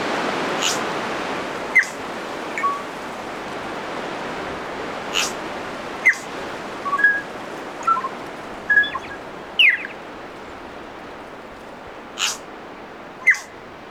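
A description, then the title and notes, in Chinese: Birds call on a remote island, with short bright chirps and whistles scattered every second or two over a steady, wind-like hiss. A few sharper, louder calls stand out near the start, middle and end. 新西兰奥克兰群岛恩德比岛，海岛的鸟叫。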